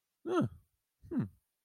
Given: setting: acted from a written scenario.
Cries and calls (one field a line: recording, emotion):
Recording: vocal sound without words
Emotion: interest